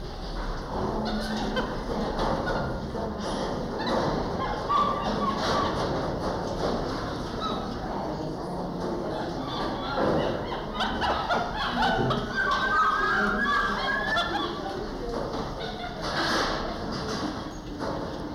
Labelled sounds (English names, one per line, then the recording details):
Goeldi's Marmoset call
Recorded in captivity
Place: Primatenstation Kassel, Hessen, DE
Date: 1995-09-24 14:01
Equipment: Sony WM-D6C, Sennheiser ME 80, Kopie Uher 4000 Report Monitor
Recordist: Tembrock, Günter